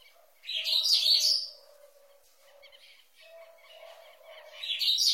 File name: canto do bico duro